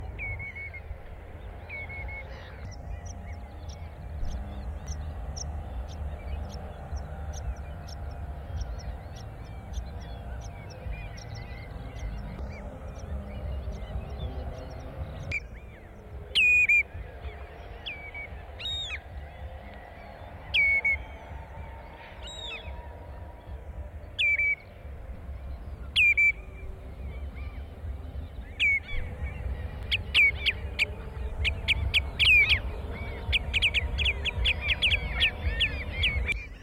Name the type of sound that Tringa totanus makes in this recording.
call